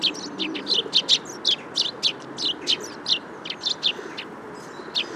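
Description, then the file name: Eurasian tree sparrow song of rapid, sharp chirps in an uneven run, several notes every second. "Feldsperling Gesang"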